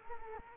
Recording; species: mosquito wingbeat signal from an infrared sensor; Culex quinquefasciatus